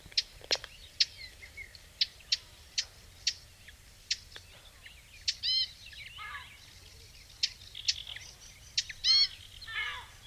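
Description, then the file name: Eurasian blackcap giving hard, clicking tac calls repeated about every half second, later mixed with chirps and slurred notes. "Sylvia atricapilla"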